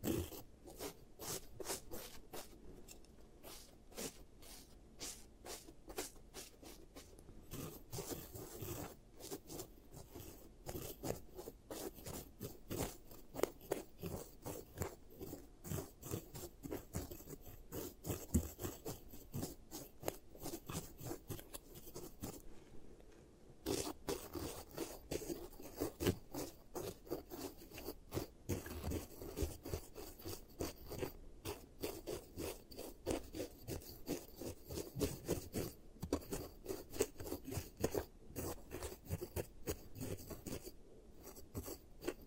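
Giant teeth are being treated to fix cavities, heard as a continuous run of quick scraping and rasping strokes, like filing or rubbing on a hard surface. The strokes come densely and fairly regularly for the whole 42 seconds, with a brief lull near 23 seconds.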